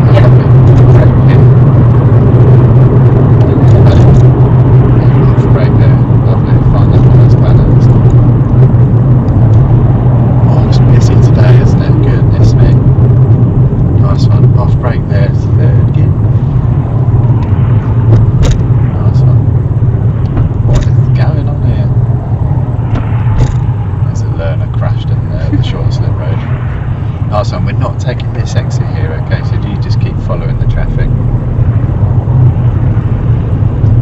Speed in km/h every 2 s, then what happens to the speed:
69, 58, 52, 52, 50, 45, 34, 32, 29, 24, 23, 18, 18, 18, 21, 27, 32.
0-22 slows to 18. 26-34 speeds up to 32.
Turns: none.